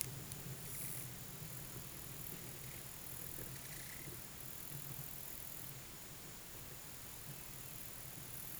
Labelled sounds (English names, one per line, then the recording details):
none
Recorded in pastures near Puerto Asís, Putumayo, Colombia, on 22 June 2025 at 13:30
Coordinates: 0.486, -76.323
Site H29